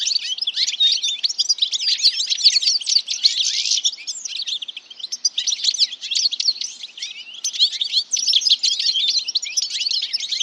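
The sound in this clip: Bird chirping: a dense, continuous stream of high, rapid twittering notes that barely pauses.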